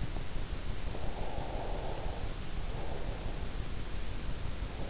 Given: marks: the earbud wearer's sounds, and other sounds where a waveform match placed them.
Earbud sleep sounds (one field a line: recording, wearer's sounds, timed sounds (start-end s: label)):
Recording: sounds in sleep by an in-ear microphone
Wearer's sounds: breath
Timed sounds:
0.93-3.27 s: breath